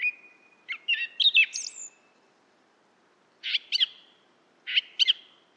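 Song thrush song: a whistled run of varied rising and falling notes, then after a pause two matching bright, ringing phrases about a second apart.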